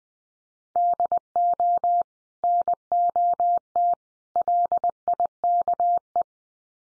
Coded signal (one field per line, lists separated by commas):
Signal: Morse code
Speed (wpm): 20 wpm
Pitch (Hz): 700 Hz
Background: none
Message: DO NOT LIKE